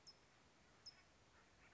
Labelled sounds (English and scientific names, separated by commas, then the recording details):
California Towhee (Melozone crissalis)
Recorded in Sonoma County, California